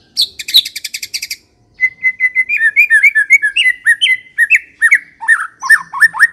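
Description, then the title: White-rumped shama song: a burst of harsh rattling notes, a brief pause, then steady rapid whistled phrases repeating and varying throughout. Lure recording of an aggressive bird. "Pancingan Murai Batu Galak"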